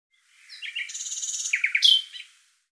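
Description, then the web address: Bird song in one phrase of soft chirps and a buzzy trill, finishing with sharp, loud downslurred notes. "Deverinetal 2025"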